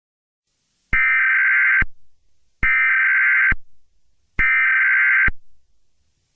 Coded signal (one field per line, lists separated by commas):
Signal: Emergency Alert System (SAME) tones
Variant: header bursts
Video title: EAS Scenario - Planet Killer